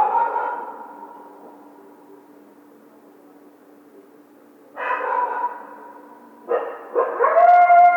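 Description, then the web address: Coyote howls and yelps: a wavering harmonic call fades out, then after a quiet gap three sharp bursts lead into a tonal howl. Coyote howling; recorded 1 February 2010. "Coyote 2010 02 01 03 howl"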